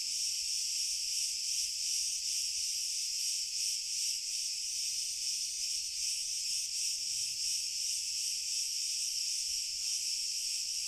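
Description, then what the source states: Cricket: a thick chorus of crickets, high and shimmering, pulsing steadily without pause. Pure cricket chorus, slowly increasing in intensity.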